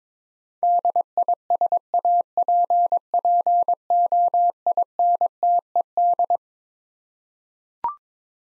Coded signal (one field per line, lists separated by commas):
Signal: Morse code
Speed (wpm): 22 wpm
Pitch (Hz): 700 Hz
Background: none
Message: DISAPPOINTED